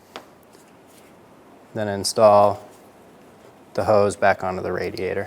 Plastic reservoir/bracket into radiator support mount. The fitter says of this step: push into place until you hear a click